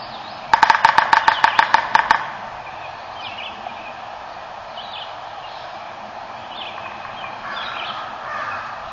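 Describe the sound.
Woodpecker drumming: one fast burst of about ten sharp strikes lasting under two seconds, then steady background noise with a few faint sounds.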